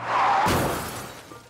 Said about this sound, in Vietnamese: Tiếng xe trầm trầm giống như đâm vào nhau trong điện thoại,